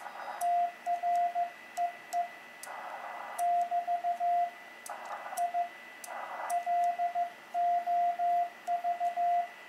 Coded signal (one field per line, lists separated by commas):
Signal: Morse code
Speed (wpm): 15 wpm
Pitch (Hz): 700 Hz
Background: radio noise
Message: TREE <BT> I LOV